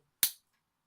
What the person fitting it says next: you really do hear them click into place.